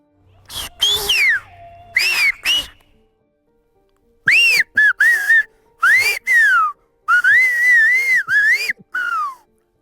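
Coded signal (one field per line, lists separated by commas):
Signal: whistled language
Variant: Gran Canaria silbo canario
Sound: loud pitch-gliding whistled phrases, rising and falling, in several short bursts with pauses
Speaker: llamaba Ven para abajo O ven para arriba esto por las cabras están en tal sitio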